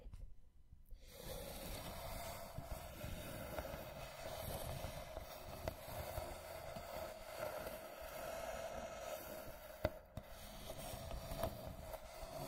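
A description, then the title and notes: Slow scratching and tracing across a wooden box, as a continuous dense rasp with a hollow, woody midrange. After a near-silent first second the rubbing runs steadily, with brief sharp clicks around six and ten seconds and a short pause just after ten. Wooden Box Slow Scratching and Tracing (NO TALKING).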